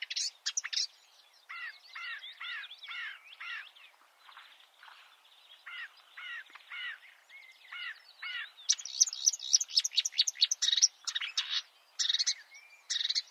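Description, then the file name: Marsh warbler with a varied warble of slurred whistles and buzzy notes that grows louder and more rapid toward the end. "suara-kicauan-burung-marsh-warbler -omkicau"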